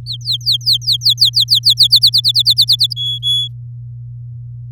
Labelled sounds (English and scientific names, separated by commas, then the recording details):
Domestic Canary (Serinus canaria) song
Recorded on 6 May 2018 at 10:42
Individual llb16